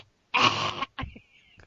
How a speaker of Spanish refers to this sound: No lo sé, pero yo lo que sé, que hoy mi gato ya ha escupido una bola de pelo. Estaba durmiendo y escucho.